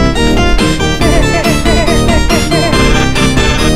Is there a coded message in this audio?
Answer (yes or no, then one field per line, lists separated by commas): no